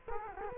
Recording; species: mosquito wingbeat signal from an infrared sensor; Culex quinquefasciatus